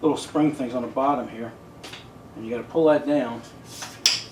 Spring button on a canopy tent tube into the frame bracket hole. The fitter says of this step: See that? Clicks into place there.